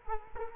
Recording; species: mosquito wingbeat signal from an infrared sensor; Culex quinquefasciatus